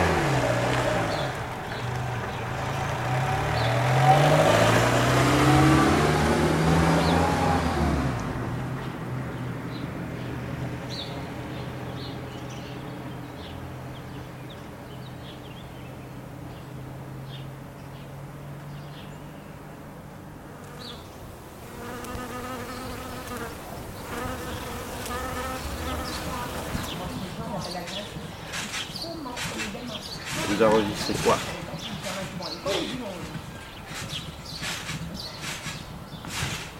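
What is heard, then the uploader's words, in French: City sounds recorded in Clermont-Ferrand during lockdown, where animals become audible as people fall quiet. A loud, droning engine-like passage with a sweeping pitch fills the first eight seconds, then a quieter steady hum with faint voices follows. After twenty seconds, scattered clicks, chirps and buzzing insect-like sounds appear. Sons enregistrés à Clermont-Ferrand pendant le confinement, lors de plusieurs sorties dans un périmètre de 1km.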